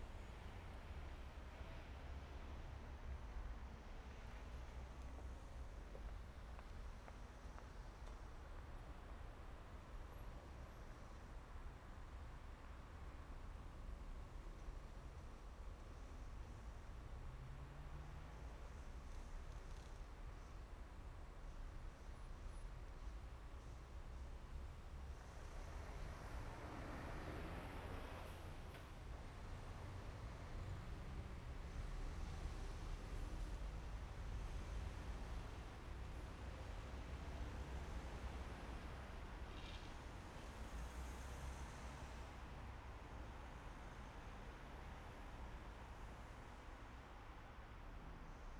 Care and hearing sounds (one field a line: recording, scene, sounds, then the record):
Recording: everyday scene through a hearing-aid microphone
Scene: in traffic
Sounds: traffic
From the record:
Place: main city hub, rush hour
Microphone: behind the ear, right, rear